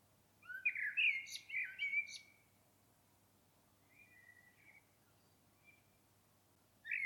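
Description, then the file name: Common blackbird song: a loud fluted warbling phrase around two seconds, ending in a high twitter, then fainter short phrases and another beginning at the end. "Turdus merula"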